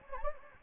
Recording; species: mosquito wingbeat signal from an infrared sensor; Anopheles gambiae